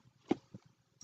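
The magnetic clasp with embedded gray magnets on a handmade paper mini album cover is handled as the album is being closed. A soft broadband knock comes at about 0.3 s and a duller bump near 0.55 s over a faint low hum. Nothing has clicked shut yet.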